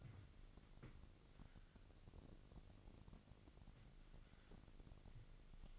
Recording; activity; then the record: daily activity, microphone in the room; wipe stove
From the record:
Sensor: 4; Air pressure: 1002.4 hPa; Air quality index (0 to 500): 215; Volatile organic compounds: 11 ppm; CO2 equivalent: 2320 ppm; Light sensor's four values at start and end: 18/66/24/24 and 18/66/24/24